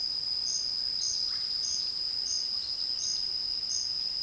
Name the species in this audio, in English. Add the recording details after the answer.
Russet-backed Oropendola. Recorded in dense forest near Puerto Asís, Putumayo, Colombia, on 18 February 2024 at 09:30. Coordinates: 0.481, -76.318. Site G6421